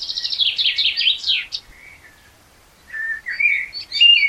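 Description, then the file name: Common blackbird delivering a rapid high twittering run, a brief soft note, then warbling whistles that climb in pitch. "Turdus merula"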